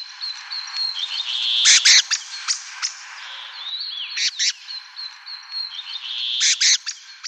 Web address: Schulze Peter Blackthroated Thrush calls